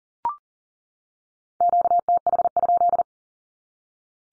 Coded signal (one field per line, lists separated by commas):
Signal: Morse code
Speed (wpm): 40 wpm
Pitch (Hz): 700 Hz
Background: none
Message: QTH?